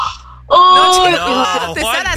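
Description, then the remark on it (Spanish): A person tries to yawn but it comes out stifled, a drawn-out voiced groan that wavers in pitch and dips near the end before rising again, sounding strained and cut short. “Se te trabó no la cosa. No puedo bostezar así.”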